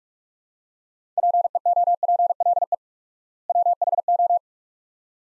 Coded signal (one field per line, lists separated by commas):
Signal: Morse code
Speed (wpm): 42 wpm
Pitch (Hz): 700 Hz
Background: none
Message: PEOPLE WHO